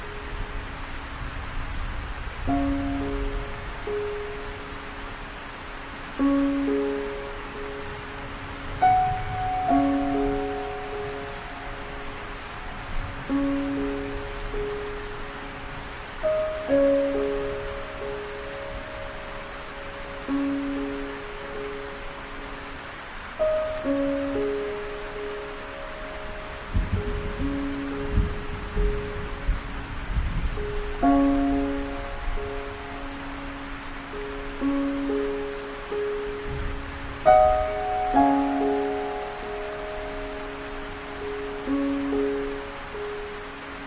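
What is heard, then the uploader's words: Soft piano plays a slow, repeating pattern of mid-range notes over a steady wash of rain that hisses evenly throughout. Low rumbles of thunder swell underneath, most clearly around the half-minute mark and again near 37 seconds. Rain Sounds. Rain, Piano, Thunder.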